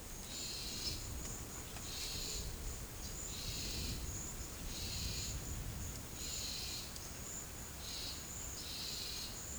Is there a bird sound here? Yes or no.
no